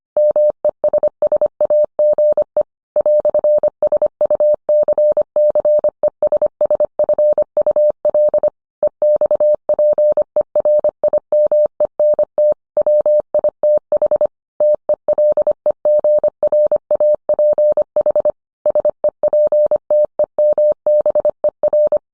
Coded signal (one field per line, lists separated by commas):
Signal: Morse code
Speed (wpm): 25 wpm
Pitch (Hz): 600 Hz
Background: none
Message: MESSAGE "SUCCESSFUL EXPERIMENT WITH TELEGRAPH SEPTEMBER